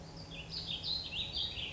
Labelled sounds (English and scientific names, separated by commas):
Warbling Vireo (Vireo gilvus)